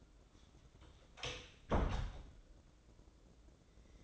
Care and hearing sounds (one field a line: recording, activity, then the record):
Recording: daily activity, microphone in the room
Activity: close door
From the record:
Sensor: 3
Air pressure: 1012.3 hPa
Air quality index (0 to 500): 178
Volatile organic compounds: 3 ppm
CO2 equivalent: 1356 ppm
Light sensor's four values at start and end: 560/1392/575/587 and 562/1397/577/590